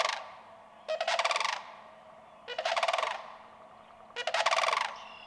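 Sandhill crane repeated rolling calls, throaty purring rattles close together about every one and a half seconds, a thin high whistle at the end.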